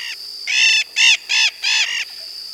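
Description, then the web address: Blue-headed macaw giving several harsh, grating squawks in quick succession over a steady high whine. Recorded in Peru. "Birds of the Amazon. Blue-headed Macaw (Ara couloni), Peru"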